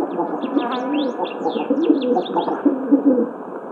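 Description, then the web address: Rock pigeon giving low rolling coos beneath a busy chorus of high, quick chirps from other birds. "Schulze Peter Rock Pigeon"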